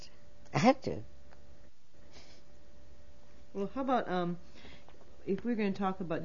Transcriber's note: none